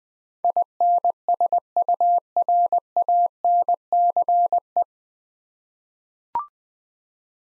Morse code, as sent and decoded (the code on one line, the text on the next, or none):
.. -. ... ..- .-. .- -. -.-. .
INSURANCE